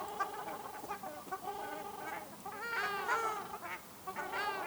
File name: Ruddy shelduck